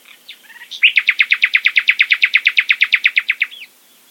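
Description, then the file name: Common nightingale song phrase of many loud, identical notes repeated rapidly and evenly, preceded by a few soft chirps. "nachtigall"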